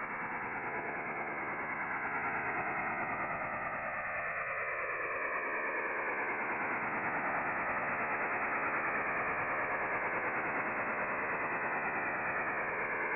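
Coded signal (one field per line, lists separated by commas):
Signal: HF data modem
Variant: STANAG 4285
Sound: continuous dense rushing, buzzy hiss of even loudness, no pauses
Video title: French Navy STANAG 4285 Signal Decoding 8646 KHz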